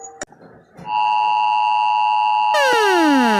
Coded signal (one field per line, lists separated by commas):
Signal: Emergency Alert System (SAME) tones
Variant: 853 and 960 Hz attention tone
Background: music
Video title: rating my country eas alarms